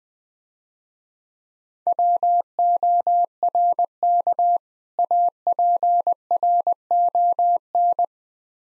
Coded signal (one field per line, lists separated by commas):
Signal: Morse code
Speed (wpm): 20 wpm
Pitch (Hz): 700 Hz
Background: none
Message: WORK APRON